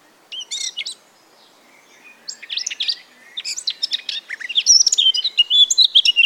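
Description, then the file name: Eurasian blackcap song: a brief warbled opening, then a quickening stream of chattering notes ending in loud, clear fluted whistles. "Sylvia atricapilla"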